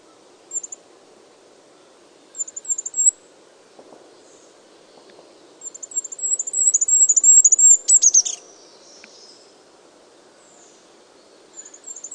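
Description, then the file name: Goldcrest song: very high, thin, rapidly repeated notes in short bursts, with one longer phrase ending in a quick flourish near eight seconds, against a quiet background. "Regolo"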